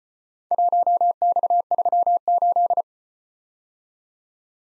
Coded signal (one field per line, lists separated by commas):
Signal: Morse code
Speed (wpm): 33 wpm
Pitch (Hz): 700 Hz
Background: none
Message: 1X38